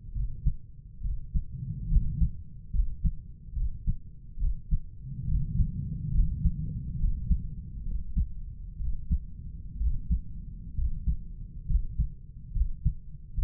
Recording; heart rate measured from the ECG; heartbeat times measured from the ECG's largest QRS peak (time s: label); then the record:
heart sounds by stethoscope; 68 bpm
0.16 s: heartbeat
1.05 s: heartbeat
1.92 s: heartbeat
2.75 s: heartbeat
3.57 s: heartbeat
4.41 s: heartbeat
5.29 s: heartbeat
6.15 s: heartbeat
6.99 s: heartbeat
7.85 s: heartbeat
8.80 s: heartbeat
9.80 s: heartbeat
10.78 s: heartbeat
11.69 s: heartbeat
12.55 s: heartbeat
13.38 s: heartbeat
From the record:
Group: healthy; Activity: cold pressor test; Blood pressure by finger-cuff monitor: 149/92 mmHg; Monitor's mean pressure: 108 mmHg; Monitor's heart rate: 70 bpm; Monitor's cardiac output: 7.6 L/min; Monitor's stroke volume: 108 mL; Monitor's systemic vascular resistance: 1010 dyn s/cm5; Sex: male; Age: 30 years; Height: 188 cm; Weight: 110.2 kg